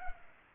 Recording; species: mosquito wingbeat signal from an infrared sensor; Culex pipiens